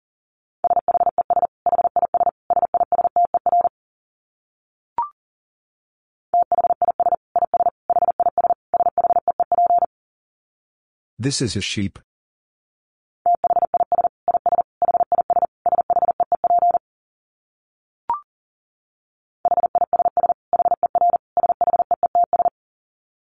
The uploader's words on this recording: Dit Challenge 40wpm. These are short phrases that contain almost all dits in Morse code. I used the letters e, i, s, h, and the number 5 almost entirely.